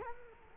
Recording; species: mosquito wingbeat signal from an infrared sensor; Culex quinquefasciatus